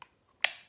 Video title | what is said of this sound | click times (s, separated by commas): Drag x Voopoo Pourquoi elle est … | comme je vous expliquais tout à l'heure à lever se clipser voilà | 0.4 s